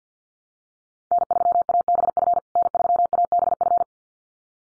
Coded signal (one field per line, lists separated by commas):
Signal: Morse code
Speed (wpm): 50 wpm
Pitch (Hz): 700 Hz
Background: none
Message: N3ABF N3ABF